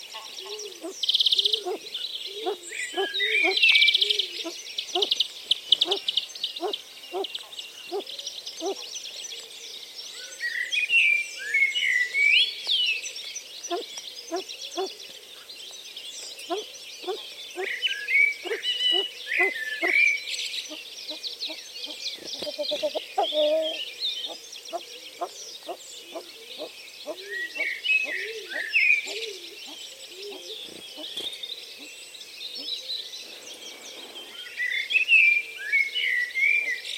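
Birdsong from the bottom of a garden: several birds sing at once, with bright chirps and trills overlapping through the whole recording. A steady run of short, low, regular calls repeats underneath, about twice a second, with a brief pause near 23 seconds.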